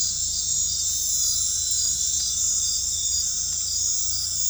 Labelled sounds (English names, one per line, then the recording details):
none
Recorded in dense forest near Puerto Asís, Putumayo, Colombia, on 18 December 2024 at 20:30
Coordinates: 0.481, -76.323
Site G100